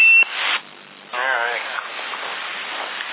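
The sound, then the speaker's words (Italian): Over a narrow, hissy CB radio channel in Sassari, a transmitter's roger beep: a brief high beep and a burst of static give way to a warbling, wavering electronic tone sequence before faint muffled transmission noise continues. “Ehi, adesso vedi, va bip.”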